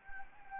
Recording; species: mosquito wingbeat signal from an infrared sensor; Anopheles gambiae